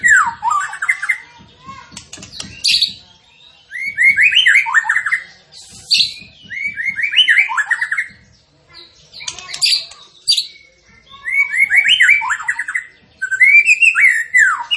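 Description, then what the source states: Tembakan bird song in repeated bursts of descending, warbled whistles and chatter separated by short pauses, with faint low clicking. Masteran training recording, with the bird singing actively (gacor).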